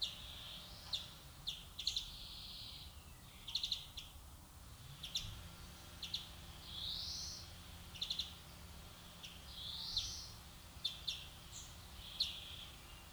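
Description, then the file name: European greenfinch with repeated bursts of sharp high chips and several soft, wheezy notes, against a low rumbling background. "Chloris chloris"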